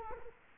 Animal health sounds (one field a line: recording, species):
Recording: mosquito wingbeat signal from an infrared sensor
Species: Culex quinquefasciatus